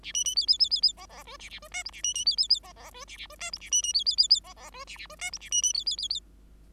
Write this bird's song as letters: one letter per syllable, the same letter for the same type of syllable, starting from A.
A B B C C C C C D D E A A E F G A B B C C C D D E A A E F G A B B C C C C D D E A A E F G A B B C C C C